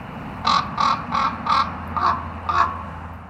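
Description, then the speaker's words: Common Raven croaks: six hoarse calls in an even series, over low background noise. Wild ravens in France calling while in flight. "Here are some ravens in France, calling while in flight."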